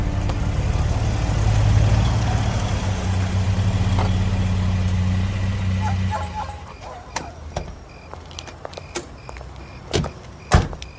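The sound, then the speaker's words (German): Bob's car drives through the evening streets of Carino Beach with a steady, low engine drone for about six seconds, then the engine dies away and a series of sharp clicks and knocks follows. No one speaks. “Eine halbe Stunde später saßen sie in Bobs Wagen und fuhren durch die abendlichen Straßen von Carino Beach.”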